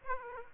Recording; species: mosquito wingbeat signal from an infrared sensor; Aedes aegypti